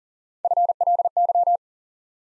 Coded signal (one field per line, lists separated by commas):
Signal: Morse code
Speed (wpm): 42 wpm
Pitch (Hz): 700 Hz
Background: none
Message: FLY